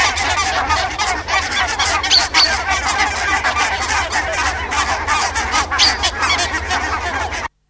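Barnacle goose: barnacle geese honking together, a dense chatter of short barking calls overlapping steadily before ending abruptly in silence.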